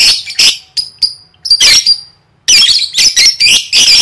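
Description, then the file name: Lovebird giving a few thin, clear squeaky notes between harsh screeches, then a sustained run of loud rasping chatter. "tieng vet mau don"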